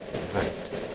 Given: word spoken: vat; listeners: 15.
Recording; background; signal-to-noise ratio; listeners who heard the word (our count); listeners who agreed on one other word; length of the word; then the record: one English word in noise, from a listening test; noise modulated by three-talker babble; -3.6 dB; 0 of 15; 6 of 15; 0.55 s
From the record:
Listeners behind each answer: 6, 2, 2, 1, 1, 1, 1, 1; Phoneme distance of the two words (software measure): 17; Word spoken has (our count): 1 syllable, 3 phonemes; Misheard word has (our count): 1 syllable, 4 phonemes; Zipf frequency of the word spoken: 4.22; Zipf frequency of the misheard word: 3.56